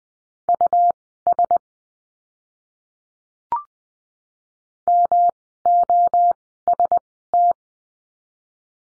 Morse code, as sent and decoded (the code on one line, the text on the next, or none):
..- ... / -- --- ... -
US MOST